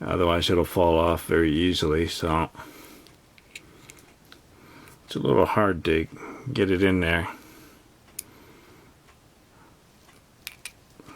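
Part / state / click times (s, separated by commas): plastic toy axe into toy tree stump / not seated / none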